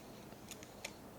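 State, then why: Released. While 35mm film is rewound into its canister with the camera lid closed, the film leader pulls free of the SLR camera's take-up spindle. Two faint ticks come at about 0.5 and 0.6 s, then a sharper snap at 0.9 s as the film end releases and the tension lets go.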